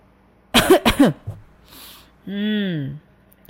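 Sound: two dry coughs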